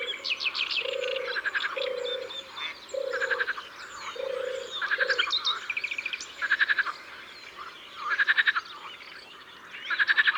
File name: Tourterelle des bois Concerts Naturels de la Drome Studio les Trois Becs